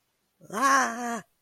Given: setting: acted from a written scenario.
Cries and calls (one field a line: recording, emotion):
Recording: vocal sound without words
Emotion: negative surprise